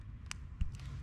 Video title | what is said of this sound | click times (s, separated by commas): How to Depin a Subaru Gauge Cluster Connector | lock that back in and you're done you | 0.3 s